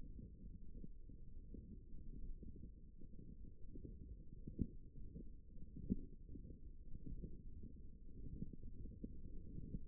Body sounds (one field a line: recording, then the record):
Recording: forearm muscle sounds (acoustic myography)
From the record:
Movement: forearm supination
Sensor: system 1, eight BSWA MPA416 microphones around the upper forearm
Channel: 4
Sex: male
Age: 23 years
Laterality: right